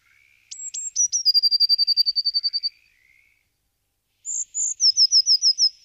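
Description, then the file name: Eurasian blue tit song with sharp high notes leading into a rapid even trill, a pause, then another descending series of clear repeated notes. "Parus caeruleus - Herrerillo común"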